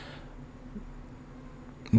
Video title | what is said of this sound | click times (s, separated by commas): How to replace the LCD Screen on a Samsung Galaxy S3 Mini | but I finally got it you just need to apply a bit more Force if it's not clicking | 1.9 s